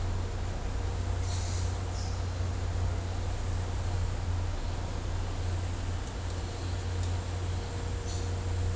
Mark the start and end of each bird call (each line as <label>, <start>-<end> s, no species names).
bird call, 8.04-8.29 s